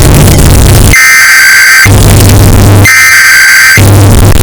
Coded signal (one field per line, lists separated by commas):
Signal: Emergency Alert System (SAME) tones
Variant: header bursts